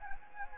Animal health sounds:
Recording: mosquito wingbeat signal from an infrared sensor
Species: Anopheles gambiae

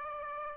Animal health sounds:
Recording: mosquito wingbeat signal from an infrared sensor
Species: Aedes aegypti

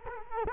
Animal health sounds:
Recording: mosquito wingbeat signal from an infrared sensor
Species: Culex quinquefasciatus

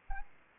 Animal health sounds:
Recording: mosquito wingbeat signal from an infrared sensor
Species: Anopheles arabiensis

